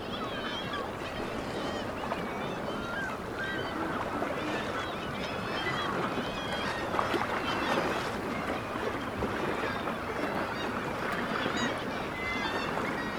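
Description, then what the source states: Black-legged kittiwakes giving many overlapping nasal, bending cries in a busy unbroken chorus, a few sharper calls rising above the steady background roar. Kittiwakes recorded at Dunbar.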